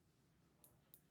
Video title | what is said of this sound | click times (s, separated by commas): How To Insert / Remove SD Card In Insta 360 Luna Ultra | into that little hole, and then you use the tip of your finger to push it in until you hear it click in place. | 0.9 s